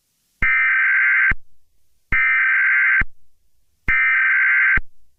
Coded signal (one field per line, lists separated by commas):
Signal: Emergency Alert System (SAME) tones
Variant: header bursts